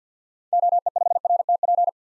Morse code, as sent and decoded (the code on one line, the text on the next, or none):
--- . ..... .-. - .--.
OE5RTP